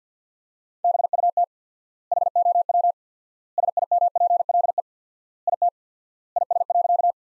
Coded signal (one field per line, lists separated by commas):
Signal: Morse code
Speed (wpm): 50 wpm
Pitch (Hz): 700 Hz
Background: none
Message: BUT HOW SIMPLE IT IS.